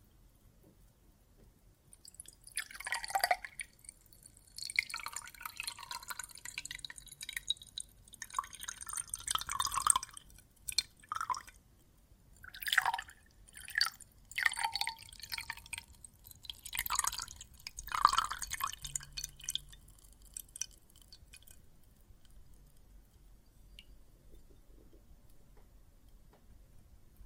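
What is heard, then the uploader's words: Quiet water and foam sounds with crackling bubbles and small drips in bursts from about 3 to 21 seconds, then near silence. ASMR Relaxing Water and Soap Foam Sounds (No Talking).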